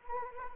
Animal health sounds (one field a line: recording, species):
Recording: mosquito wingbeat signal from an infrared sensor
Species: Anopheles arabiensis